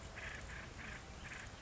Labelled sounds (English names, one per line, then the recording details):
Acorn Woodpecker
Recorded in Sonoma County, California